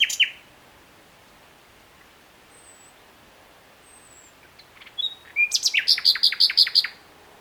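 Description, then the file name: Common nightingale song: a brief note at the start, then after a quiet gap a few soft notes and a fast run of about ten sharp repeated notes. "Luscinia megarhynchos"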